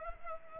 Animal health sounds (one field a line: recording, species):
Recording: mosquito wingbeat signal from an infrared sensor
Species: Culex pipiens